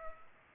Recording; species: mosquito wingbeat signal from an infrared sensor; Culex pipiens